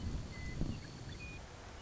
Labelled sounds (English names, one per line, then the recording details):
Western Meadowlark
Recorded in Sonoma County, California